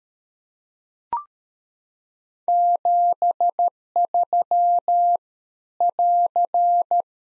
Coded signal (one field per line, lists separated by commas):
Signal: Morse code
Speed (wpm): 13 wpm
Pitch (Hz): 700 Hz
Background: none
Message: 73 <AR>